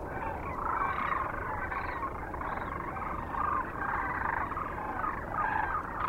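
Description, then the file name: Sandhill crane chorus, a constant wash of overlapping rolling, gurgling calls, with occasional louder notes rising out of the mass. Kearney, Nebraska, 9 March 2004. "2004-03-09 SACRandmore C Kearney NE"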